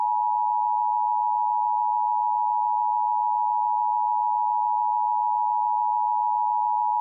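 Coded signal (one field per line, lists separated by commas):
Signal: Emergency Alert System (SAME) tones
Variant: 853 and 960 Hz attention tone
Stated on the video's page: Fictional EAS scenario, not a real alert.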